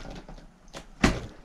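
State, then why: Seated. A bicycle drive belt is worked onto the rear belt sprocket, with faint handling sounds before it drops into place with a sharp, loud snap at 1.0 s. The belt is seated and now has its tension.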